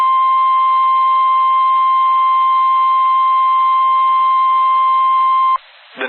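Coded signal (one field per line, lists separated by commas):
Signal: Emergency Alert System (SAME) tones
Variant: 1050 Hz attention tone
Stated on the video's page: Severe thunderstorm warning EAS alert with valid SAME tones.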